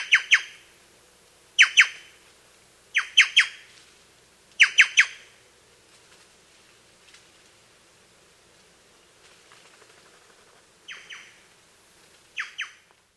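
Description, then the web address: Black-chested jay giving bursts of one to three loud, harsh notes every second or two, then after a lull a few fainter short series. Recorded in South America. "Natures Songs S America Black-Chested Jay"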